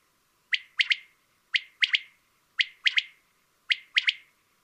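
Common quail giving liquid three-note phrases, one note then a fast pair, four times at roughly one-second spacing in a quiet background.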